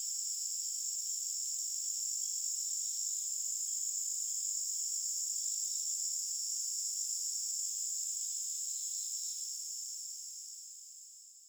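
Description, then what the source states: Crickets chirping in a steady, high, shimmering trill that runs unbroken for the whole stretch before slowly fading away near the end. Forest ambience with crickets.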